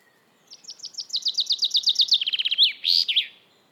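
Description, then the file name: Common chaffinch singing one song: a run of clear falling notes accelerating into a quicker lower trill, closed by a loud terminal flourish. "Fringilla coelebs"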